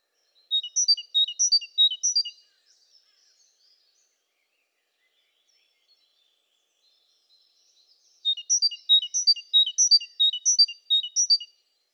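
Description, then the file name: Great tit calls in two bursts of fast, high chirping notes separated by a long silent gap. "Parus major"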